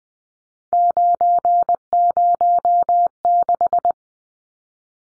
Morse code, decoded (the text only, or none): 906